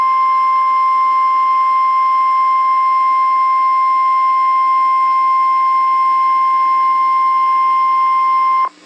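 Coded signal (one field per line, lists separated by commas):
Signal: Emergency Alert System (SAME) tones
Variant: 1050 Hz attention tone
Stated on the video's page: Tornado warning tones from NOAA weather radio in a Gacha Life animation.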